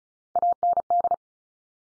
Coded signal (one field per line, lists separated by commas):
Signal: Morse code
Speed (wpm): 34 wpm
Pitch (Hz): 700 Hz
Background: none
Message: AND